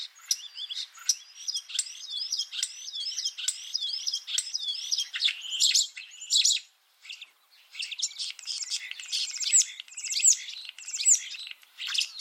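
Common starling song, a rapid series of repeated clicking notes leading into varied squeaky whistles, rattles and chatter with a brief pause midway.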